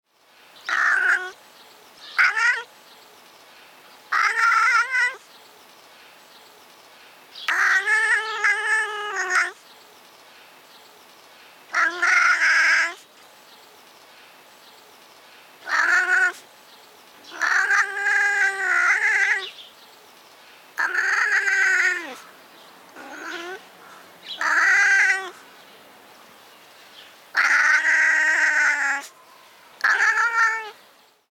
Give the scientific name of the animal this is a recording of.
Felis silvestris